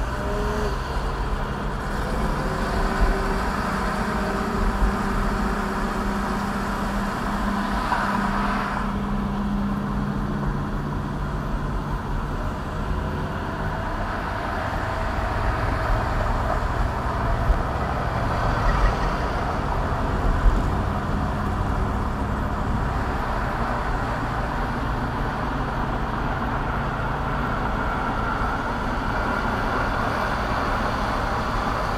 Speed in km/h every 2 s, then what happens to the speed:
32, 35, 39, 35, 31, 31, 32, 34, 39, 42, 47, 50, 50, 50, 50, 50.
0-5 speeds up to 39. 5-8 slows to 31. 11-22 speeds up to 50. 22-32 steady at about 50.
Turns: none.